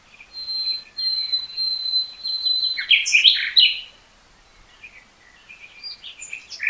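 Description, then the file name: Common nightingale song opening with a long, steady whistled note, then a loud burst of rich, varied notes and softer twitters. "Luscinia megarhynchos"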